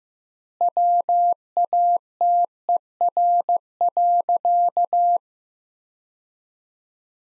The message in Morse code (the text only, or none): WATER.